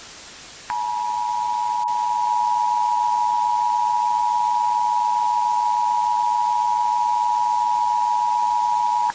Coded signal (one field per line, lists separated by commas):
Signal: Emergency Alert System (SAME) tones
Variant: 853 and 960 Hz attention tone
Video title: Halloween Special/50 Subscriber Special - EAS Scenario: The Voices